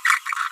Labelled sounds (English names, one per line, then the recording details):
Green-rumped Parrotlet babbling
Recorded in a nest box in Venezuela
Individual 18B25A4